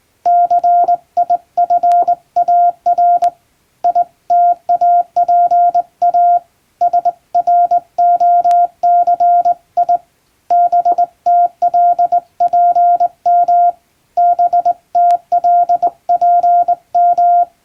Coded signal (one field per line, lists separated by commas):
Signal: Morse code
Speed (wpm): 20 wpm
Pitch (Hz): 700 Hz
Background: none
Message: CIFAR ITAPA SROCI BTLPM BTLPM